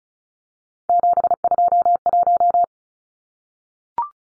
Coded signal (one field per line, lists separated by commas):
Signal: Morse code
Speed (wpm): 34 wpm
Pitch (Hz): 700 Hz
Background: none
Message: 721